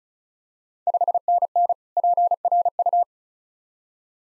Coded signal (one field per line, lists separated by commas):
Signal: Morse code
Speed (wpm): 34 wpm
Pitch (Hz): 700 Hz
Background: none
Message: 5NN PRU